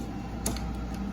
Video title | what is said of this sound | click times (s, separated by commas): I’m straining my eyes | But they just slide and click into place. | 0.5 s